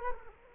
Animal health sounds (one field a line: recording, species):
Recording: mosquito wingbeat signal from an infrared sensor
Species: Culex quinquefasciatus